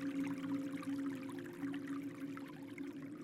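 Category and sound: nature, babbling stream water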